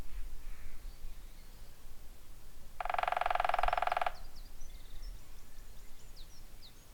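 Woodpecker drumming: one fast, even roll of rapid taps lasting just over a second, followed by faint high chirps.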